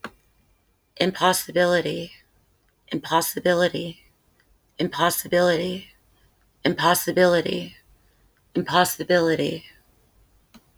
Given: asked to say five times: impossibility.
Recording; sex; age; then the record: repeated word; female; 40 to 49 years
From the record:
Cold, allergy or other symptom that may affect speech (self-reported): yes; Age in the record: 41 years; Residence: Kentucky, United States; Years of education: 17